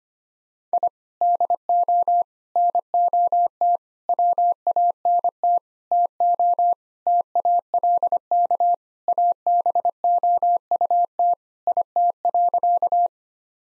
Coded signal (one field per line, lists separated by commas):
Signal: Morse code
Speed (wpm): 25 wpm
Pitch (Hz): 700 Hz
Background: none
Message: I DO NOT WANT TO TALK ABOUT IT.